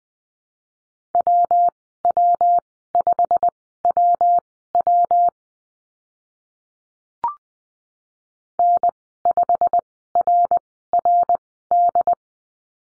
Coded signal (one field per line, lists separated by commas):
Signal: Morse code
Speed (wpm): 20 wpm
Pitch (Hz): 700 Hz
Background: none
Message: WW5WW N5RRD